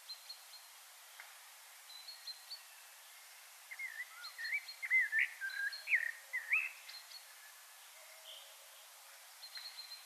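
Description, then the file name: Common blackbird song: a run of rich, slurred whistles midway, with thin high chirps before and after. "Turdus merula"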